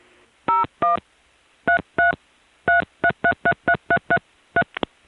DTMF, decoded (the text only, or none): 01 33 33333333